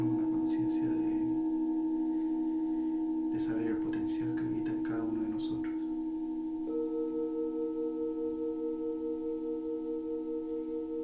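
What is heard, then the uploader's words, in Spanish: Singing bowls ring out in a long, steady hum with several sustained tones layered together. Around the middle a voice speaks briefly over the ringing, and after about seven seconds a new higher tone joins in and holds to the end, gently pulsing. Un viaje entre cuencos.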